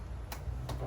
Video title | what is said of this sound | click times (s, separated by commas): E46 2JZ Build: Final Engine Bay Prep | You hear those clicks. | 0.3 s, 0.7 s